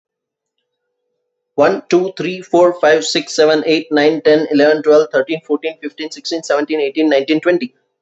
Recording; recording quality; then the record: counting at a fast pace; excellent, no background noise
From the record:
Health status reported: respiratory illness, not identified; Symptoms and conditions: none ticked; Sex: male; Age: 36 years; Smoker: not ticked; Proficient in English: yes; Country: India